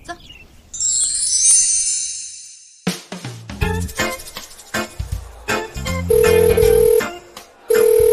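An unanswered phone call rings out, with a bright electronic tone at first, then dense rhythmic sound and steady low ringback beeps repeating toward the end.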